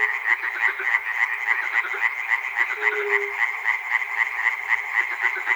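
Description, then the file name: Frog chorus of fast, evenly pulsed rasping croaks, with a lower drawn-out tonal note midway. Frogs at Chernobyl. "peter cusack-chernobyl frogs"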